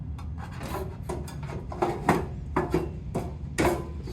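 An Izzo Alex Duetto and Vivi espresso machine side panel, its tab already in its hole, is pushed down into the machine frame with rubbing, scraping sounds and several knocks. Its retaining clip locks into place with a strong hit at 3.6 s, and the panel is seated.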